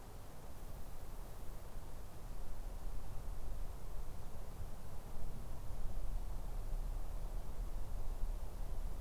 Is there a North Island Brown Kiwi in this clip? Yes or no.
no